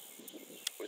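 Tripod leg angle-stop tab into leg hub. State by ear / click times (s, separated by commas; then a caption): seated / 0.3 s, 0.7 s. The spring-loaded, magnetic leg angle-stop tabs on a lightweight tripod are pressed back in, each tab clicking into place in the leg hub. Two short clicks are heard at 0.3 s and 0.7 s, the second sharper and louder, over a faint steady background noise. Each tab seats and locks.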